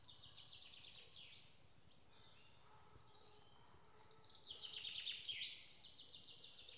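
Bird song with quick twittering notes at the start and a louder, dense warbling burst around the fourth and fifth seconds, with faint chirps between.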